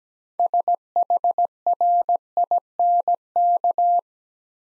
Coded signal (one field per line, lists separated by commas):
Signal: Morse code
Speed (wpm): 17 wpm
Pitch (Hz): 700 Hz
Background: none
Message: SHRINK